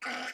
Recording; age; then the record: pig call; piglet (1 to 25 days)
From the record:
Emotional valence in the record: negative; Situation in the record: restrain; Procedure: in the arms of a person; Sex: female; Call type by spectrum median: low-frequency call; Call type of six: mixed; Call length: 0.34 s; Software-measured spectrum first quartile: 1066 Hz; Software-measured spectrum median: 1723 Hz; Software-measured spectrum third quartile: 2663 Hz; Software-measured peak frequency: 1471 Hz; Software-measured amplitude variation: 83 dB a second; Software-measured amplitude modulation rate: 19.3 a second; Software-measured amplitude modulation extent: 4.3 dB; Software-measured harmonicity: 0.6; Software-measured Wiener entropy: -0.99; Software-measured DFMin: 746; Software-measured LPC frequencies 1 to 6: 712, 1468, 2110, 2959, 4767, 5357 Hz